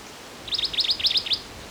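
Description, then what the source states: Oak Titmouse song: four quick repeated phrases of sharp sweeping notes, evenly spaced, over faint background hiss. Songs from a series counted aloud one by one as they were recorded.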